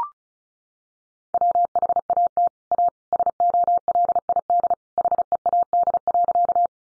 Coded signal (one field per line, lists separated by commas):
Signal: Morse code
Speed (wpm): 34 wpm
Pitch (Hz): 700 Hz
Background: none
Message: WHAT A SOLID HEAD.